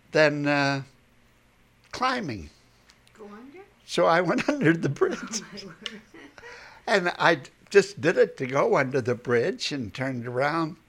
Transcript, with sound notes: than climbing."
Go under?
So I went under the bridge.
Oh, my goodness! ( she laughs )
And I just did it, to go under the bridge, and turned around.